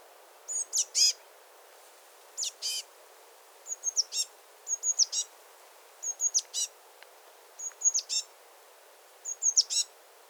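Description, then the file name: Eurasian blue tit calling repeatedly, about seven phrases of high thin notes ending in scratchy buzzy churrs, every second and a half or so, against a quiet background. "Cyanistes caeruleus"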